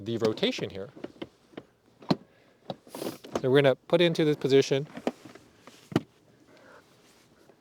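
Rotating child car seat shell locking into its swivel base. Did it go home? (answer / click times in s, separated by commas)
yes / 6.0 s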